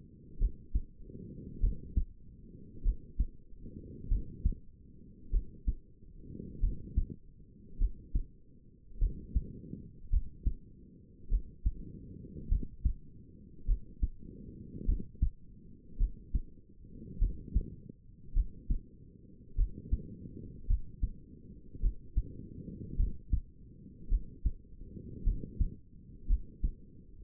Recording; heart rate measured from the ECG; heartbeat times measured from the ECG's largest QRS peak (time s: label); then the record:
heart sounds by stethoscope; 51 bpm
0.39 s: heartbeat
1.61 s: heartbeat
2.83 s: heartbeat
4.09 s: heartbeat
5.31 s: heartbeat
6.61 s: heartbeat
7.79 s: heartbeat
8.99 s: heartbeat
10.11 s: heartbeat
11.29 s: heartbeat
12.49 s: heartbeat
13.66 s: heartbeat
14.86 s: heartbeat
15.98 s: heartbeat
17.19 s: heartbeat
18.34 s: heartbeat
19.56 s: heartbeat
20.68 s: heartbeat
21.81 s: heartbeat
22.97 s: heartbeat
24.09 s: heartbeat
25.24 s: heartbeat
26.28 s: heartbeat
From the record:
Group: healthy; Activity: cold pressor test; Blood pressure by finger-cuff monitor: 106/62 mmHg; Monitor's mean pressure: 77 mmHg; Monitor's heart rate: 51 bpm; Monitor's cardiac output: 4.8 L/min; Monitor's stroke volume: 95 mL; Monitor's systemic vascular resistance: 1160 dyn s/cm5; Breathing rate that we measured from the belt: 23 breaths a minute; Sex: female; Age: 28 years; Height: 170 cm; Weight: 77 kg